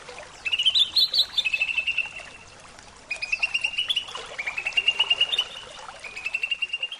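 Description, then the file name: Greater green leafbird song, long rapid trilled phrases with a brief rising flourish, pausing once midway before the trilling resumes. Bird training (terapi) recording. "terapi cucak ijo"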